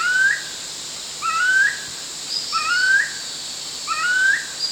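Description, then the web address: Chestnut-collared kingfisher calls, a rising whistled note with a short lead-in, repeated about every 1.3 seconds over a steady high background hiss. Recorded at Danum on 1 January 2008. "DANUM 20080101. sound chestnut-collared kingfisher"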